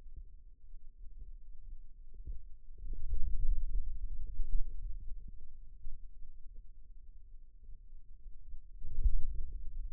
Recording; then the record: forearm muscle sounds (acoustic myography)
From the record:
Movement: pen grasping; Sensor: system 2, bracelet of six BSWA MPA416 microphones around the upper forearm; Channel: 2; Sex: male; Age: 22 years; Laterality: right